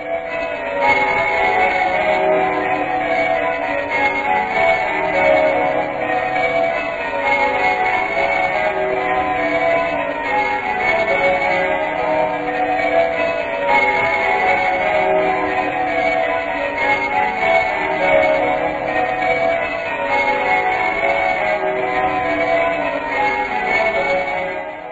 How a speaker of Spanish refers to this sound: el 31 de diciembre de 1923, por primera vez escucharon a través de la BBC las campanadas del Big Ben, anunciando la llegada del nuevo año.